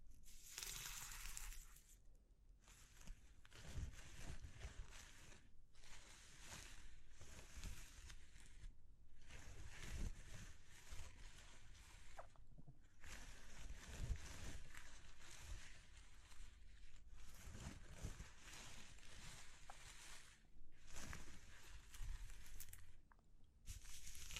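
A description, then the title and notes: A textured wash of rushing hiss arrives in long swells of three to four seconds, each cut by a brief drop-out, roughly seven times across the clip. A low, uneven rumble churns underneath throughout, and a sharper, brighter spray opens the first two seconds. ASMR Exploring Textures (No Talking).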